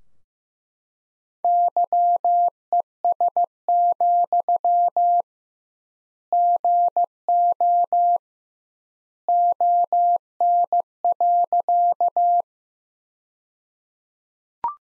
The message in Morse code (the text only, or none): YES, GO ON.